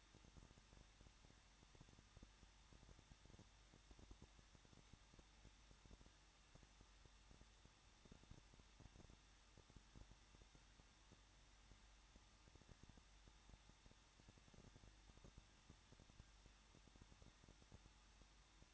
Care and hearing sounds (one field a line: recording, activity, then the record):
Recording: daily activity, microphone in the room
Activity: no activity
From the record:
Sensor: 3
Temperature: 21.2 degrees Celsius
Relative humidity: 36.3%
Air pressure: 1006.3 hPa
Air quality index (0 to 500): 222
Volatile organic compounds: 41 ppm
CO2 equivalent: 3166 ppm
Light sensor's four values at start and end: 2/3/2/2 and 2/3/2/2